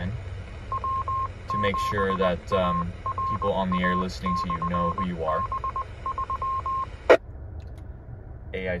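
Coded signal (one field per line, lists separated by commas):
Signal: Morse code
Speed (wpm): 20 wpm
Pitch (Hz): 1060 Hz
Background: speech, radio noise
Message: W7ARA/B3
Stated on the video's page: Repeater accessed with DTMF to reach AllStar, EchoLink and IRLP nodes.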